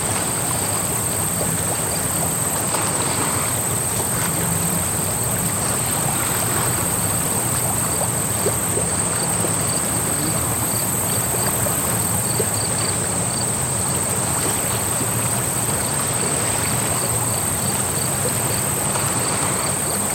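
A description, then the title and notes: A swamp at night, with a running creek filling the sound with a steady, dense rush. A thin, high cricket trill rings continuously above it, with faint pulsing calls, likely frogs, repeating every second or so throughout. Swamp at Night. Listen to the faint sounds of frogs and crickets in the background, and the gentle lullaby of a running creek.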